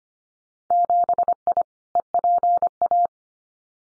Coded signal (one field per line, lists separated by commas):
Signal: Morse code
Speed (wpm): 25 wpm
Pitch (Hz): 700 Hz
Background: none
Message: 7I EPA